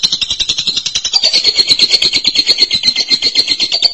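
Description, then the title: Lovebird song as an unbroken, rapid, high, buzzing trill that lifts a little in pitch after the first second. "BM Suara Burung Lovebird"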